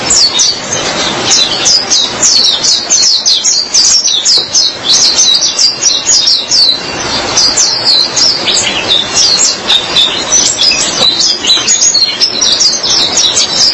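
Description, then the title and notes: White-eye song: a long, continuous high twitter of quick sliding chirps and trills, dense and unbroken throughout, with a light hiss beneath. "Suara kicauan burung pleci"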